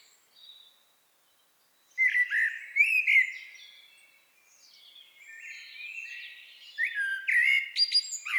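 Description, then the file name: Eurasian blackbird song: mellow fluted notes after a brief silence, quieter rambling warbles, then another loud whistled phrase with a squeaky twittered ending. "Turdus merula"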